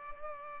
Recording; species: mosquito wingbeat signal from an infrared sensor; Culex pipiens